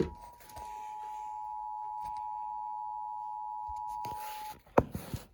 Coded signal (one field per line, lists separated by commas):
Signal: Emergency Alert System (SAME) tones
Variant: 853 and 960 Hz attention tone